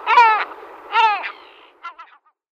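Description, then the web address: Lesser black-backed gull giving two loud, drawn-out harmonic mewing calls about a second apart, followed by a few short, softer notes. "Schulze Peter Lesser Black-backed Gull"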